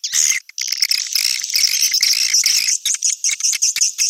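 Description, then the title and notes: Swiftlets in brief, busy high chirping, quick irregular pulses breaking into choppy bursts toward the end. Swiftlet sound associated with swiftlet farming in Asia. "Swiflet Bird Sound. Farming Swiflet Bird asia sound"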